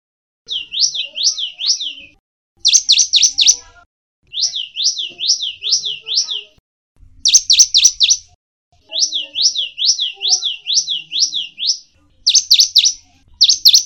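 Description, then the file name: Java sparrow song: bursts of rapid high chirps and sweeping notes, grouped in runs of about four to seven, separated by short pauses, with faint low clicks underneath. Wingko variety. "variasi gelatik wingko"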